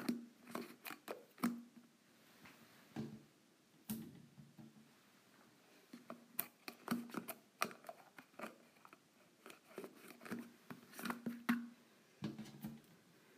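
A lid is being unscrewed, with a steady run of short scraping clicks and ratchety ticks. Sharp snaps land irregularly, clustering around four, seven, eleven and twelve seconds, over a low hum that stops between bursts.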